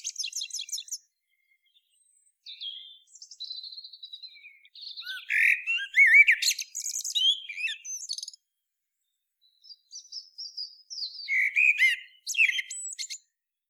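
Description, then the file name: Common blackbird song with rapid twittering high notes and varied chattering, warbled phrases in several bursts, pausing briefly between them; background otherwise quiet. "Turdus merula"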